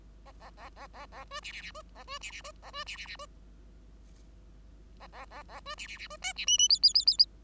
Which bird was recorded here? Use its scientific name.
Lonchura striata domestica